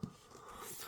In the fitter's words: al tout se clipse très très très facilement.